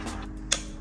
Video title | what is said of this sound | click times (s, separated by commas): Bitubo Shocks - How to Install + Review - Harley Davidson Sportster | once you hear that click you know what you're at 40 there you go | 0.5 s